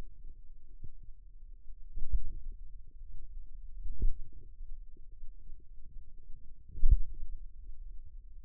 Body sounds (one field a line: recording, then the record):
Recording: forearm muscle sounds (acoustic myography)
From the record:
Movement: pen grasping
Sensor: system 2, bracelet of six BSWA MPA416 microphones around the upper forearm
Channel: 6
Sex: female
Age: 22 years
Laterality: right